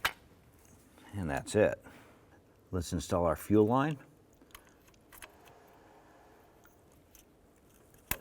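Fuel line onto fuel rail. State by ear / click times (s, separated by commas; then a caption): seated / 8.1 s. On a 2011–2018 Ram 1500, a fuel line fitting is worked into place on the fuel rail while someone talks. After a few faint taps, the fitting gives a sharp click at 8.1 s as it seats.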